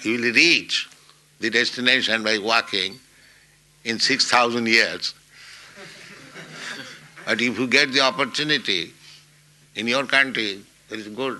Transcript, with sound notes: You will reach the destination by walking in six thousand years, [laughter] but if you get the opportunity... In your country there is good...,